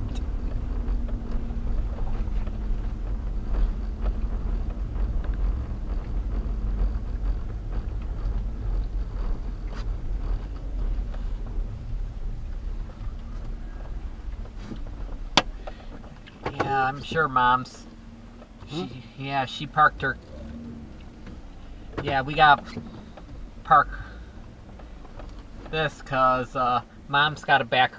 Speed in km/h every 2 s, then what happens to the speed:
19, 18, 19, 18, 16, 11, 8, 6, 0, 0, 0, 0, 0, 0.
0-8 steady at about 18. 8-15 slows to 0. 15-28 standing.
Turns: 10-13.